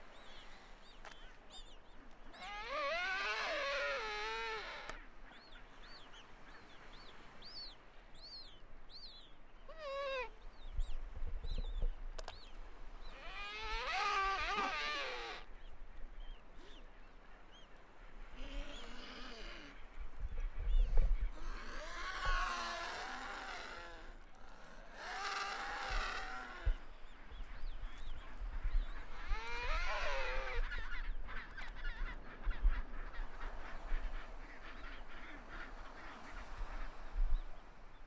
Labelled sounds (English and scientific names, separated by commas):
Chinstrap Penguin (Pygoscelis antarcticus) call